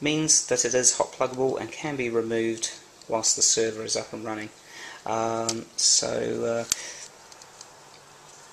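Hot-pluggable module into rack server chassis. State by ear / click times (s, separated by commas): not seated / none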